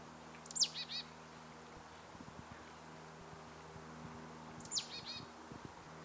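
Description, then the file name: Marsh tit calling twice, about four seconds apart, each time a high downslurred note trailing into two or three quick buzzy notes, with a low background hum and faint clicks. "Poecile palustris"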